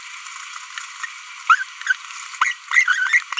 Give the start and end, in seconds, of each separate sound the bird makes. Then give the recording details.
1.50-1.65, 1.87-1.93, 2.42-2.52, 2.72-3.26. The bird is a female. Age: 25 days. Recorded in a nest box in Venezuela. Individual 17B42B1